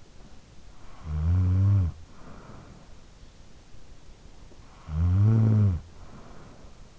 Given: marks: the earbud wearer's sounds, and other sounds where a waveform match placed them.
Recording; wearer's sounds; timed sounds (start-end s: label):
sounds in sleep by an in-ear microphone; snoring breath
0.27-3.37 s: snoring breath
4.33-6.99 s: snoring breath